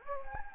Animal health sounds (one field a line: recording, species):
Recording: mosquito wingbeat signal from an infrared sensor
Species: Anopheles gambiae